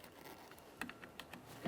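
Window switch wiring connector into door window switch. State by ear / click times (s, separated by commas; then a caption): not seated / none. A window switch wiring connector is handled by hand at the door window switch of a 2012–2015 Honda Civic, to be plugged back in so the rear power window can be powered down. Light, sharp ticks land around 0.8, 0.9, 1.0 and 1.2 seconds, followed by a slightly longer, fuller knock near 1.7 seconds. The connector has not seated or clicked in yet.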